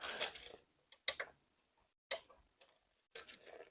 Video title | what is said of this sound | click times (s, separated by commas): The Most Beautiful B - Access Virus B Desktop Restoration | And they're just going to snap right in. | 1.1 s, 2.1 s, 3.2 s